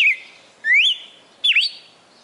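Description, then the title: Red-cowled cardinal song: three separate clear whistled notes with sliding pitch, under a second apart, over a quiet background. Female bird singing, recorded in Fortaleza, Ceará (CE), Brazil. "Canto Galo Campina Fêmea. Galo de Campina Fortaleza-CE"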